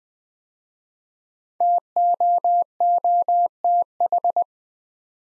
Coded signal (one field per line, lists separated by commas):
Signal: Morse code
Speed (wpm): 20 wpm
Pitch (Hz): 700 Hz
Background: none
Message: TOOTH